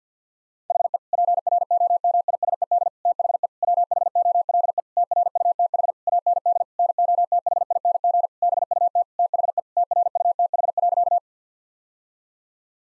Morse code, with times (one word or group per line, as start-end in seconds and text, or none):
0.7-1.0 HE
1.1-2.9 PROMISED
3.1-3.5 THE
3.6-4.8 WHOLE
5.0-5.9 TRUTH
6.1-6.6 AND
6.8-8.3 NOTHING
8.4-9.0 BUT
9.2-9.6 THE
9.8-11.2 TRUTH.